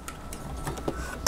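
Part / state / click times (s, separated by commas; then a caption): memory module in motherboard DIMM slot / released / 1.3 s. An old DDR memory stick is released from a motherboard DIMM slot by opening the retaining clips on both sides. A few faint ticks and handling sounds lead up to a sharp click at 1.3 s as the module pops out of the slot.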